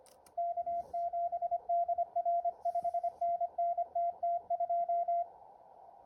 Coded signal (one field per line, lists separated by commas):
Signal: Morse code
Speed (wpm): 25 wpm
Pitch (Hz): 690 Hz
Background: radio noise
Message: K7DR 5NN TT2